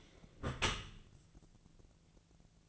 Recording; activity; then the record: daily activity, microphone in the room; close dishwasher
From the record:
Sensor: 4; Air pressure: 1001.3 hPa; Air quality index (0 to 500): 179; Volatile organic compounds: 2 ppm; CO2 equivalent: 1279 ppm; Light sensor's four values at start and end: 11/26/11/11 and 11/26/11/11